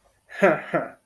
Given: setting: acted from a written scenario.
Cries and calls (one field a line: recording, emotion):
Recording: vocal sound without words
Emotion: triumph